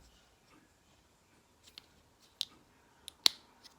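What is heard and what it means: While the block connector on an Interceptor or GT650 rectifier/regulator unit is pulled hard by the block rather than the cable, a few faint ticks sound near 1.8, 2.4 and 3.1 s. The connector's locking slide then gives a sharp, loud click at 3.3 s, releasing the connector.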